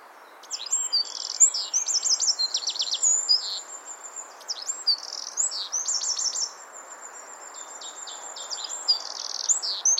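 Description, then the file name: Eurasian wren delivering a rapid, high, tumbling song of trills and chips, then quieter song toward the end. "Troglodytes troglodytes"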